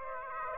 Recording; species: mosquito wingbeat signal from an infrared sensor; Aedes aegypti